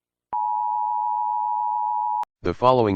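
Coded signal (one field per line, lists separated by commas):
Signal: Emergency Alert System (SAME) tones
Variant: 853 and 960 Hz attention tone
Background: speech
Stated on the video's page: Fictional EAS scenario about alien sightings, a made-up alert rather than a real broadcast.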